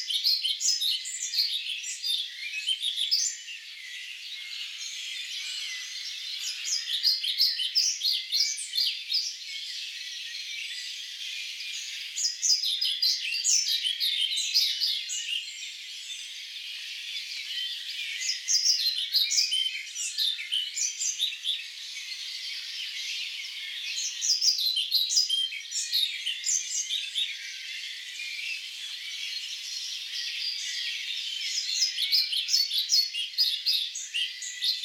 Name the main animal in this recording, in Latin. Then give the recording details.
Ficedula hypoleuca. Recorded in the wild. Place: Lilienhof / Kaiserstuhl, Baden-Württemberg, DE. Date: 2011-05-08. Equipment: MiniDisc Sharp MT 20 H. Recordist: Schwarz, Dieter